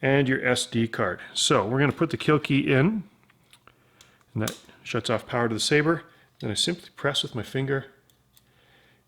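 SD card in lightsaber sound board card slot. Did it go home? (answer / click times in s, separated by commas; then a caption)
released / 8.4 s. A micro SD card is pressed with a finger into the spring-loaded push-push slot of the sound board in a Badaxx Firevine 22 lightsaber hilt chassis, after the kill key is inserted to shut off power to the saber. Someone talks, with pauses and small handling clicks, and a faint click is heard at 8.4 s as the card releases and comes out.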